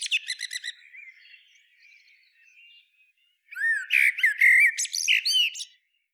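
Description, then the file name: Eurasian blackbird: a twittery phrase fades out, soft quiet warbling follows, then a full new phrase of fluty whistles mixed with high squeaky notes. "Turdus merula"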